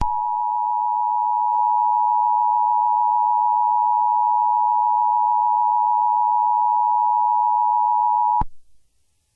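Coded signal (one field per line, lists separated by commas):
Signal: Emergency Alert System (SAME) tones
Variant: 853 and 960 Hz attention tone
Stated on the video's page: Fictional mock scenario about an asteroid impact; contains valid tones.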